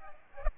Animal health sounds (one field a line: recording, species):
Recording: mosquito wingbeat signal from an infrared sensor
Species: Aedes aegypti